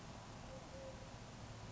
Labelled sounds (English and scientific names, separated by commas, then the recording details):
Eurasian Collared Dove (Streptopelia decaocto)
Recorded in Sonoma County, California